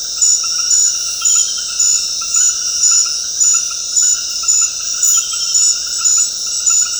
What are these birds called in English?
none